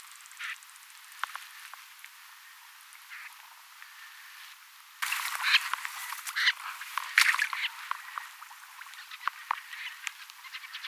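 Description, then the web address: Snipe calls, short harsh rasping notes from several birds, sparse at first and then a dense burst of overlapping calls in the second half. Many snipes present, recorded 5 October 2024; flock thought to include some pin-tailed snipes. "paivat 5 10 2024 kurppia paljon siella on joukossa tietaakseni joitakin suippopyrstokurppalintuja kooste"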